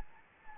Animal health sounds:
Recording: mosquito wingbeat signal from an infrared sensor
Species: Anopheles gambiae

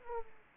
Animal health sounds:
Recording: mosquito wingbeat signal from an infrared sensor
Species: Aedes aegypti

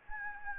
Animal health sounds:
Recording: mosquito wingbeat signal from an infrared sensor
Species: Anopheles gambiae

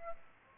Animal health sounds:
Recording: mosquito wingbeat signal from an infrared sensor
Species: Aedes aegypti

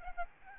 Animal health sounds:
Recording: mosquito wingbeat signal from an infrared sensor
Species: Aedes albopictus

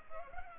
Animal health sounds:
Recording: mosquito wingbeat signal from an infrared sensor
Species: Culex pipiens

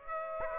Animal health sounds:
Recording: mosquito wingbeat signal from an infrared sensor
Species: Aedes aegypti

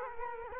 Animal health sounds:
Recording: mosquito wingbeat signal from an infrared sensor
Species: Culex quinquefasciatus

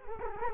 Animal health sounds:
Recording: mosquito wingbeat signal from an infrared sensor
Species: Culex quinquefasciatus

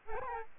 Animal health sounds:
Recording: mosquito wingbeat signal from an infrared sensor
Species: Aedes albopictus

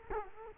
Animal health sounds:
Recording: mosquito wingbeat signal from an infrared sensor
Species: Culex quinquefasciatus

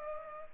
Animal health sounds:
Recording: mosquito wingbeat signal from an infrared sensor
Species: Culex pipiens

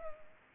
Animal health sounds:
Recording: mosquito wingbeat signal from an infrared sensor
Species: Culex pipiens

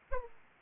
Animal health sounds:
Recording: mosquito wingbeat signal from an infrared sensor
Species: Aedes aegypti

